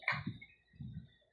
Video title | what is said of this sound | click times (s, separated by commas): October 1, 2025 | Ah balik na natin. Ayun nag-click | 0.1 s